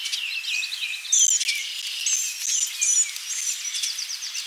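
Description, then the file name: Blue-gray gnatcatcher with rapid high chittering and squeaky, slurred notes tumbling together, a few thin whistles standing out above a constant high hiss. "Polioptila caerulea"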